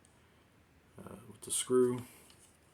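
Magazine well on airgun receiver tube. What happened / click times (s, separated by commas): The part is being handled and has not seated yet / none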